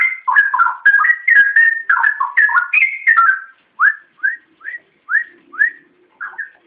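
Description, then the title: Oriental magpie-robin song with tumbling mixed whistles, followed by a series of single rising whistled notes about every half second over a faint low hum. "Kicau Kacer"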